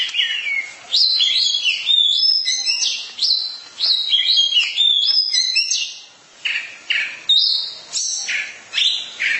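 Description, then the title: Oriental magpie-robin pouring out loud, varied whistled phrases of rich, slurred notes in repeated bursts with short gaps between them. Long-duration song. "Kacer"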